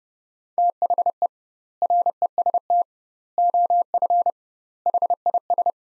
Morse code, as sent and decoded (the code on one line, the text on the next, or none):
- .... . / .-. . ... - / --- ..-. / .... .. ...
THE REST OF HIS